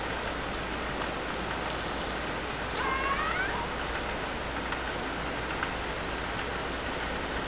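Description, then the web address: Killer whale call: a brief pair of rising, slightly wavering tonal whistles around three seconds in, over steady hiss and low underwater noise. Transient killer whales, recorded by the Lime Kiln hydrophone, Orcasound, on 10 April 2012 at 04:25:45. "Lime Kiln Transients 120410 orcasound 04 10 2012 04 25 45"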